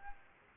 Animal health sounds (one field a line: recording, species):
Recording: mosquito wingbeat signal from an infrared sensor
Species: Aedes aegypti